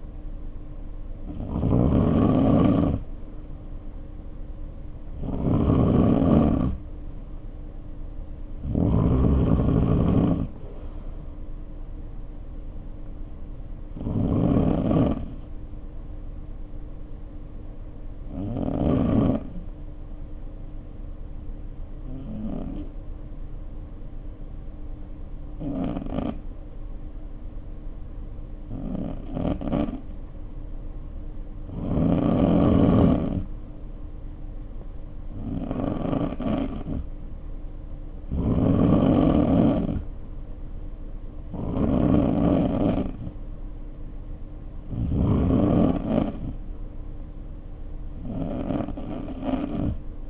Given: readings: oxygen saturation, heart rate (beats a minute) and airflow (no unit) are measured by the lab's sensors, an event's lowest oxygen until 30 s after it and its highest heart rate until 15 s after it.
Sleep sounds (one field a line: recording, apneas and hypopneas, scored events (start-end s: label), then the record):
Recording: breathing in sleep by a smartphone at the bedside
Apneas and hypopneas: 1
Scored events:
4.00-50.30 s: new sleep stage, N3 (deep sleep)
22.00-37.30 s: hypopnea (N3, oxygen 94% highest, then 88% lowest, heart rate 51 at the start, 61 highest)
From the record:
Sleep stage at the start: N2 (light sleep)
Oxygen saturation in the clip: 91 to 94%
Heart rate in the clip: 51 to 61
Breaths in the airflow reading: 12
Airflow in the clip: -2.8 to 2.5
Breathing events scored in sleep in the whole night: 520 in 7.2 hours asleep